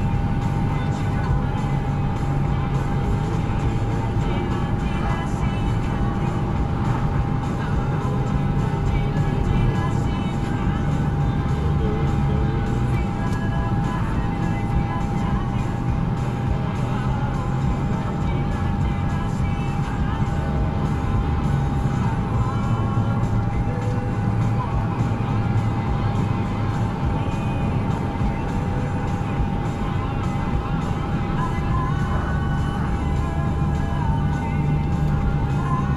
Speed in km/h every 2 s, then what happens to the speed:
84, 89, 87, 82, 84, 81, 81, 77, 79, 77, 82, 82, 85, 87, 89, 89, 74, 69.
4-15 slows to 77. 15-30 speeds up to 89. 30-36 brakes to 69.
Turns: none.